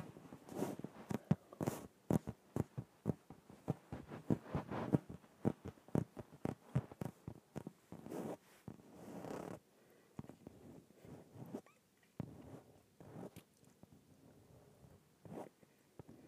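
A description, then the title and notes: An inflated yoga ball is handled, giving dense, rapid bursts of squeaky, rubbery rubbing and sharp scuffing strokes through the first ten seconds. After that the strokes thin out into scattered single squeaks and softer rustling over a low murmur, with a few louder hits near the end. ASMR Inflated Yoga Ball.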